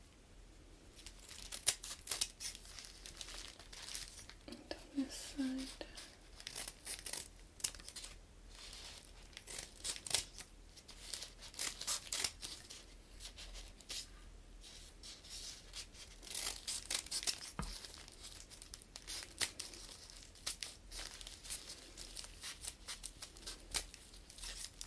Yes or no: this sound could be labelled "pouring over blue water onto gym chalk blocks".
no